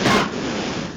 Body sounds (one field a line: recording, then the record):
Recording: coughing mixed with background sound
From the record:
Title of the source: Barking cough - # 10